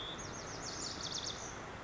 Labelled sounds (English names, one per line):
Lazuli Bunting